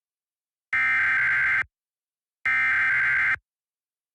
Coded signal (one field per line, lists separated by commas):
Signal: Emergency Alert System (SAME) tones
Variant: header bursts